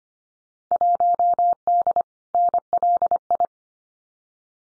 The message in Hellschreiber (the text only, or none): none